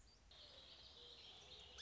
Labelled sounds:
Song Sparrow
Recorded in Sonoma County, California

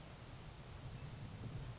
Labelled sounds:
Grasshopper Sparrow
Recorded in Sonoma County, California

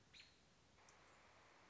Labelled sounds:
American Robin
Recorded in Sonoma County, California

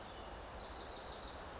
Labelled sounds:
Wilson's Warbler
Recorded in Sonoma County, California

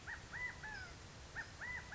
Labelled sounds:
California Quail
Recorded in Sonoma County, California

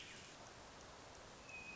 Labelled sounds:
Hermit Thrush
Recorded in Sonoma County, California

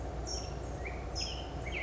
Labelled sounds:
California Towhee
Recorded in Sonoma County, California

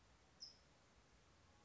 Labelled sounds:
California Towhee
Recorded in Sonoma County, California

